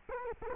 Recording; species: mosquito wingbeat signal from an infrared sensor; Culex quinquefasciatus